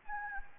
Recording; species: mosquito wingbeat signal from an infrared sensor; Anopheles gambiae